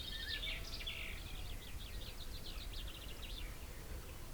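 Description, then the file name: Common chaffinch song, a faint series of quick repeated high notes running down into a short trill, over steady low rumbling background noise. "Fringilla coelebs"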